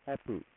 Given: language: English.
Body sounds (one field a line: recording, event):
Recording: throat vibration sensor signal played as sound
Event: speech